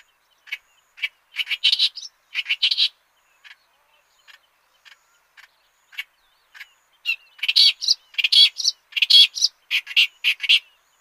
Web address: Schulze Peter Clamorous Reed-Warbler song